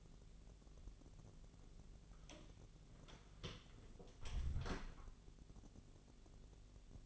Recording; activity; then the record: daily activity, microphone in the room; close door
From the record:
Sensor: 4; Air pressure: 1001.2 hPa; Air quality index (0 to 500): 182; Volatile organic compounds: 2 ppm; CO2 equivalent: 1304 ppm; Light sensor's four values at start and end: 14/33/13/14 and 16/38/15/16